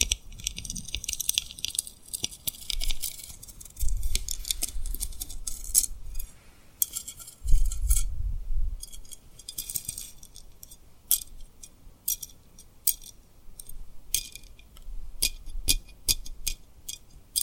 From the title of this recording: Tapping & Rubbing Rhinestone Lip Triggers